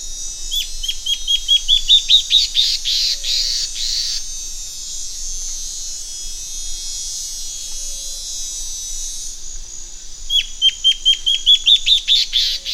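Bird song: two bursts of rapid, accelerating downslurred notes that rise a little in pitch and end in a smeared trill, with quieter chirps and hiss between them.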